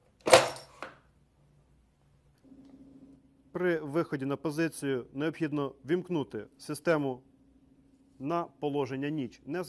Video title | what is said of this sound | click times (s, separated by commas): Інструкція як застосовувати ПЗРК Джавелін | з позами та дотиснути до фіксації | 0.3 s